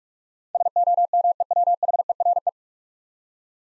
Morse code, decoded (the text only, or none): SOMEWHERE